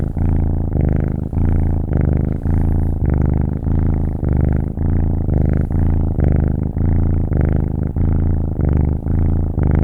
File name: Kitten Purring